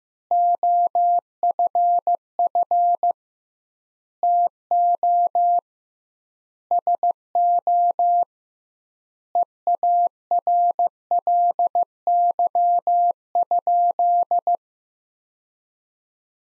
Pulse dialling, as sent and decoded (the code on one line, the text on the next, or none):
none